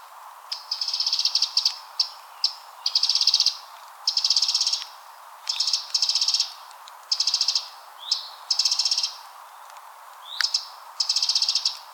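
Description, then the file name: Eurasian wren pouring out a fast, high-pitched series of trilled bursts and sharp chips, loud phrases separated by brief pauses, with a steady soft hiss underneath. "Troglodytes troglodytes"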